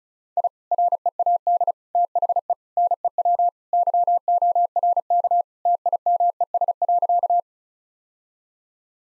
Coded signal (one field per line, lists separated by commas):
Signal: Morse code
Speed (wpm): 36 wpm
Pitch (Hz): 700 Hz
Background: none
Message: I READ THE NEW YORK TIMES.